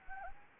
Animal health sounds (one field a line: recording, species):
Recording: mosquito wingbeat signal from an infrared sensor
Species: Anopheles gambiae